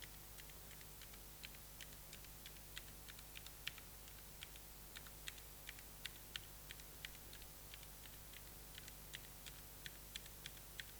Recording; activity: daily activity, guitar pickup as the sensor; type